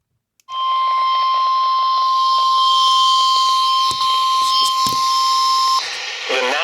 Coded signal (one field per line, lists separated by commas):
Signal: Emergency Alert System (SAME) tones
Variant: 1050 Hz attention tone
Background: speech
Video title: (EAS #820 - #830) BASEBALL SIZE HAIL DURING A SLIGHT?!?! - EAS Alerts from 8/18/22